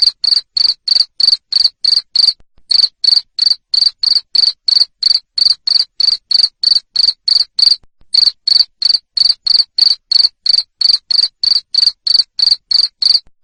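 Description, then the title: Cricket chirping continuously, sharp high pulses about three per second, with two short pauses in the series. Loud cricket chirping played to make lovebirds sing continuously. "Suara JANGKRIK NGERIK Keras Bikin LOVEBIRD Jadi NGEKEK Terus"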